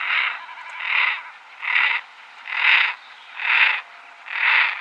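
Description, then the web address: Common merganser calls: a steady series of six coarse, grating croaks, roughly one each second, evenly spaced and similar in loudness. Females. "Schulze Peter Goosander females"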